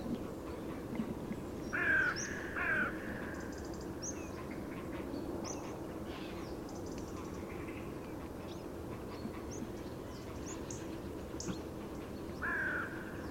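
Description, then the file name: Carrion crow calls, two hoarse caws in quick succession early on and a third near the end. "Corvus corone"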